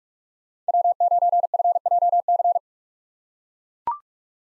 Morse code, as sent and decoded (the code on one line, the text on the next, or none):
.-- ----. ..-. .--- -.-.
W9FJC